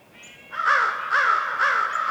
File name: WINTER Forest morning crow calls echoing and various birds chirps, North Laurentian Woods, Canada